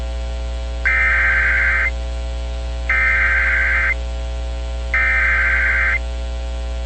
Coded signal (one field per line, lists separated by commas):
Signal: Emergency Alert System (SAME) tones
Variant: header bursts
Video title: EAS #169 - WLVH SVR for Berkeley, Charleston [SC] (7/4/2022)